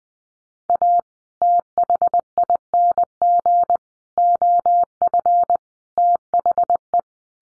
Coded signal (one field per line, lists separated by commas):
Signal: Morse code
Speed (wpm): 20 wpm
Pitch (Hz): 700 Hz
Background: none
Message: A THING OF THE